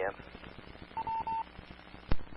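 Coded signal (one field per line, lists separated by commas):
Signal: none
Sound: repeater courtesy tone beeps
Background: speech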